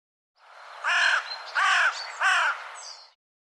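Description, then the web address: Bird giving harsh, caw-like calls, three hoarse notes spaced roughly evenly over about two seconds. "cianscape birddata Deverinetal 2025"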